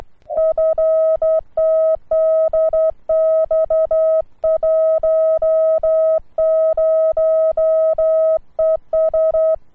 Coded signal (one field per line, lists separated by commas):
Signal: Morse code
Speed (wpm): 10 wpm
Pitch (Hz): 640 Hz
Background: none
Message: FTDX10 ES